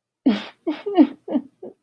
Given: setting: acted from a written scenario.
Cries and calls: vocal sound without words; sadness

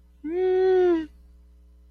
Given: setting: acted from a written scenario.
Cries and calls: vocal sound without words; fear

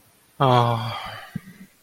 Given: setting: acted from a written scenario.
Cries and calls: vocal sound without words; romantic love

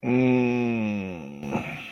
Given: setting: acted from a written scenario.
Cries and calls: vocal sound without words; shame

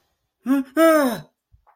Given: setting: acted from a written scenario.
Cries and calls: vocal sound without words; fear

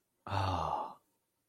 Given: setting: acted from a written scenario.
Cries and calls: vocal sound without words; awe

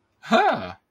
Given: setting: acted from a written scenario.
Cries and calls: vocal sound without words; positive surprise

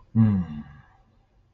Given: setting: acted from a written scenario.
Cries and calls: vocal sound without words; relief

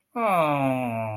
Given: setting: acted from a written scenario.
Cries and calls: vocal sound without words; adoration

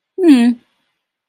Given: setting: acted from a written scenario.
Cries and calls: vocal sound without words; neutral

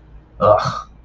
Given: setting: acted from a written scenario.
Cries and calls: vocal sound without words; disgust

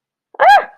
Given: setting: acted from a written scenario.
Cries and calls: vocal sound without words; negative surprise

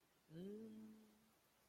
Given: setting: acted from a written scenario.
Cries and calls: vocal sound without words; desire

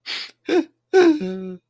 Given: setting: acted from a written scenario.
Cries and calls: vocal sound without words; sadness

